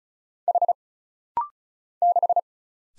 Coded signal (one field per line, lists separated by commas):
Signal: Morse code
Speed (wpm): 34 wpm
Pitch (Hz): 700 Hz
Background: none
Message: H 6